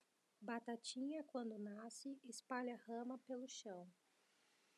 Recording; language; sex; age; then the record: short text; Brazilian Portuguese; female; 20 to 29 years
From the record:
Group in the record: control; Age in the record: 27 years